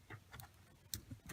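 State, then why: Not seated. Tabbed pieces are lined up in a slot and pushed down to lock the tabs, giving soft handling taps and light ticks, with sharper ticks at about 0.9 s and 1.3 s. Nothing has locked or seated in the slot yet.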